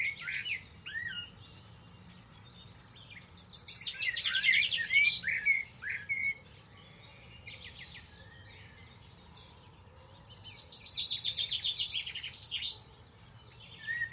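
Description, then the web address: Bird song with loud buzzy rattling trills in two long bouts, mixed with short whistled notes, against a low steady background hum. "Deverinetal. Bird Only"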